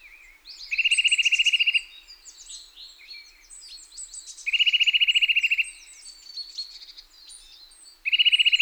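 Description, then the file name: Eurasian nuthatch gives three fast, even trills of rapid identical notes, the last cut off, over a busy background of high chirping. "Sitta europaea"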